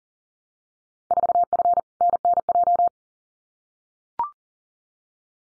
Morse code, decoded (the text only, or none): 4F NNJ